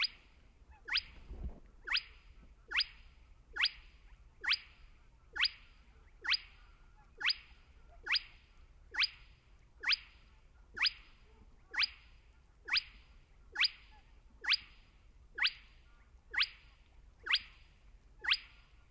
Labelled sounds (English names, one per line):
Spotted Crake